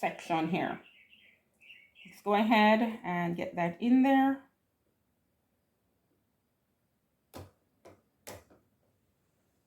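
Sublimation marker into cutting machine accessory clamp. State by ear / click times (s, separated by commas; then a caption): seated / 8.3 s. Someone talks, then a sublimation marker is pushed down, arrow facing the person, into the accessory clamp (section A) of a cutting machine. A few short, sharp taps follow, and the marker clicks into place at 8.3 seconds, fully seated.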